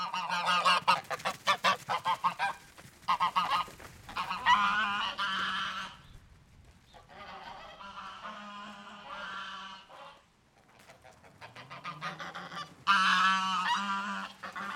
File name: sound ex machina Gooses honking and moving around the yard